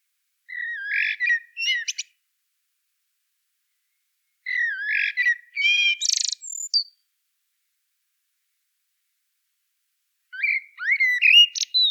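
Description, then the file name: Common blackbird song: mellow whistled warbles ending in thin, scratchy high twitters, three phrases spaced by silent gaps of a few seconds. "Turdus merula"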